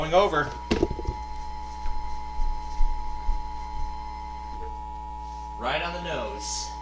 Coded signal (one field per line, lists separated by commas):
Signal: Emergency Alert System (SAME) tones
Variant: 853 and 960 Hz attention tone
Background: speech, music